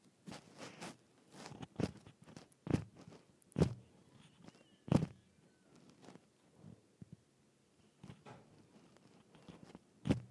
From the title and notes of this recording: ASMR Dropping the Microphone 2 Inches.